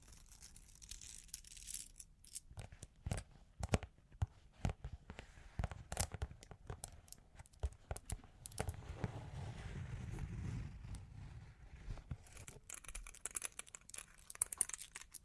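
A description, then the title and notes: Claws tap and scratch in quick, irregular clicks throughout, with a denser low rumbling scrape around nine to eleven seconds. Long Claws Tapping and Scratching (No Talking).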